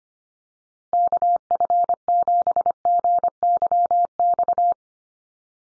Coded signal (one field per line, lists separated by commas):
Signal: Morse code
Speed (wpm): 25 wpm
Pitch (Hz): 700 Hz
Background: none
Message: KF7GYX